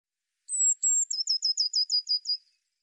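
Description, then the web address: Eurasian blue tit call: a very high, thin drawn-out note and a short second note, then a quick trill of about eight slightly lower notes, in silence. "cianscape birddata Deverinetal 2025 File cleaned normalized Bird Cy Ca"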